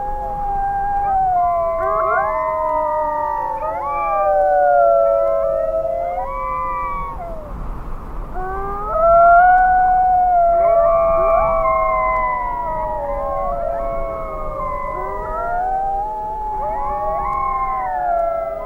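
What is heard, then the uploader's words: Wolves howl together in a dense, overlapping chorus, many long voices sliding up and down at once. The howling runs without a break, thinning briefly around the middle before swelling again with a strong rising wail near nine seconds, over a low steady rumble. Sound Of The Wolves.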